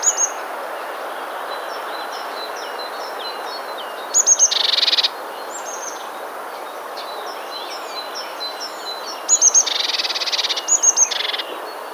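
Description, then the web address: Eurasian blue tit calls: high clipped notes ending in buzzy, rasping bursts, heard three times against constant background noise and a scatter of faint chirps. "wroblowe teka glos"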